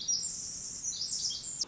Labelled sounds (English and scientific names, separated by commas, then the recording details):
Pacific Wren (Troglodytes pacificus)
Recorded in Sonoma County, California